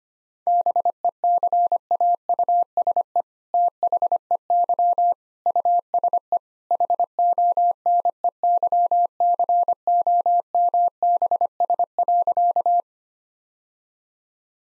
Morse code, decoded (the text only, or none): BECAUSE THEY USE HONEYCOMBS.